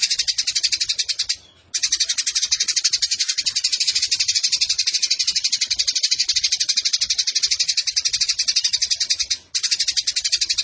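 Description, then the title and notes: Eurasian tree sparrow pouring out a continuous, very fast chatter of harsh chirps, with two brief breaks before the rapid stream resumes. Fighting sparrow with long rapid-fire 'nembak panjang' delivery and clear voice, used to train birds for song competitions. "GEREJA TARUNG NEMBAK PANJANG SUARA JERNIH MASTERAN WAJIB BURUNG LOMBA. Burung Gereja"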